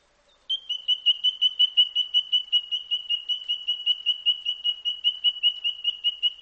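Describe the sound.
White-throated treecreeper call: a sustained, rapid, evenly spaced series of high piping notes, steady in pitch throughout.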